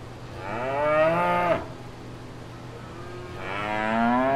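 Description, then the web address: Cow mooing, one full moo that falls off sharply, then after a pause another moo begins and climbs gradually, over a low steady hum. Cow at fair grounds with people. "Sound Effects-Blastwave ANIMALS Cow Fair Grounds"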